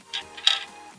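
A plastic part of an R2-D2 droid model is pressed onto the previously built piece, with its two lugs going into the two uppermost holes so it clips on. A soft plastic tick at 0.2 s is followed by a loud, short snap at 0.5 s as the part clips home, leaving it seated.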